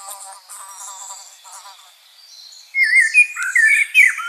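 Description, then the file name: Common blackbird song: a buzzy, rapidly repeated chatter opens, then mellow warbled phrases break in with high squeaky flourishes. "Turdus merula"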